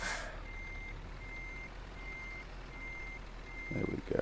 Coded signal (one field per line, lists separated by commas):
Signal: none